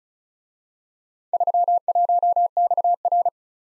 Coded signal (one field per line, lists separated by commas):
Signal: Morse code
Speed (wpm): 34 wpm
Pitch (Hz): 700 Hz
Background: none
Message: 31XR